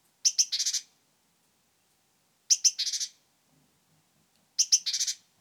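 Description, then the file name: Great tit scolding calls: two sharp high notes followed by a short buzzy churring rattle, given three times about every two seconds. "Parus major"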